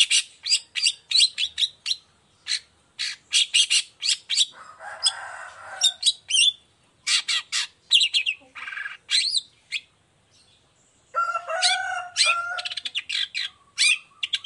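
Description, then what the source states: Long-tailed shrike delivering fast strings of grating, clicking notes, interrupted by buzzy nasal sections, a brief silence, then a warbling harmonic phrase. Long-tailed shrike in full song in the morning, with 'toet toet' notes, varied clear-voiced phrases; offered as a model for other shrikes to imitate.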